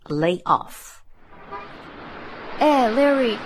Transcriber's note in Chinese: street noise